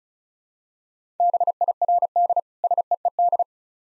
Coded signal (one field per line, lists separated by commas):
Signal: Morse code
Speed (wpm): 36 wpm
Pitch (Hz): 700 Hz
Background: none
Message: BIRD SEED